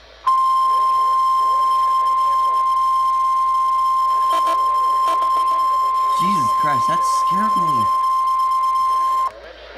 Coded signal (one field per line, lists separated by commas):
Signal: Emergency Alert System (SAME) tones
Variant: 1050 Hz attention tone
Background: speech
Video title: EAS alerts in eastern time part 2